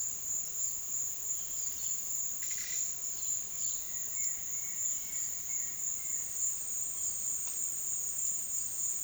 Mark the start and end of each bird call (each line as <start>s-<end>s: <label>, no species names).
2.38s-6.40s: bird call